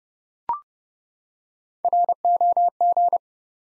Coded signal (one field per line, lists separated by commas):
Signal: Morse code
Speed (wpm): 30 wpm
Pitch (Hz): 700 Hz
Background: none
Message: ROG